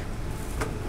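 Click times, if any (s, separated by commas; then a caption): none. The inner rails of an HPE ProLiant DL380 Gen10 server are being set into the extended rack slide rails and hinged down toward their locked position. A steady broadband hiss runs throughout, with a brief brighter burst of handling noise near 0.6 s. Nothing has seated or clicked yet.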